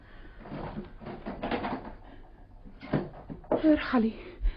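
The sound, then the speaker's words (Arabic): A door is shut with a wooden clunk, followed by a rattling bolt or lock sliding into place, while a voice briefly speaks alongside the knocks. “قفلت الباب بيني وبينك.”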